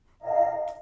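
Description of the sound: A brief, tonal, gurgling growl lasting about half a second, going 'goo': an adult's ordinary hunger-related stomach rumble, set off by talking about KFC fried chicken.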